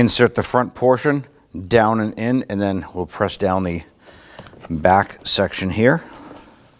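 Someone talks while fitting a plastic switch panel into the front door trim of a 2015-2024 Nissan Murano, with the front portion going in first and the back section next to be pressed down. Soft handling noise is heard between the speech, with no sharp sounds. The panel is handled but not yet home, and nothing has seated or clicked by the end of the clip.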